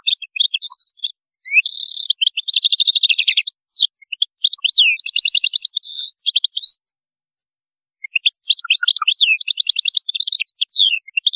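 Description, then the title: European goldfinch song: long runs of rapid tinkling, twittering notes with buzzy trills, in several bursts separated by short pauses. "Chant Chardonneret"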